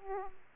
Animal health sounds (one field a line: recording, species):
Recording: mosquito wingbeat signal from an infrared sensor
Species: Aedes aegypti